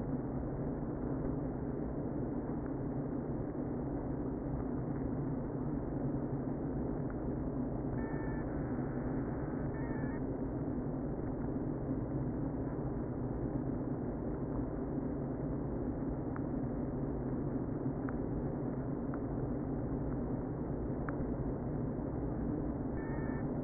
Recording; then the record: honeybee colony, microphone inside the hive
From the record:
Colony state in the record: queen present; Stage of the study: before two queens were removed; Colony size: about 60,000 bees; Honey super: yes